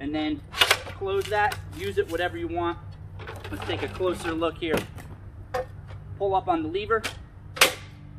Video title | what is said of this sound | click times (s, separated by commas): The best jobsite hand truck available? The HILTI REDIPAK is here. | locked into place tighten down and you're good to go that's it | 7.6 s